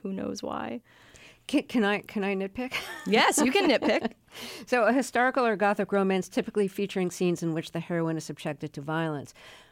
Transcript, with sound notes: Who knows why?
Can I nitpick (laughter)?
Yes, you can nitpick.
So a historical or Gothic romance typically featuring scenes in which the heroine is subjected to violence.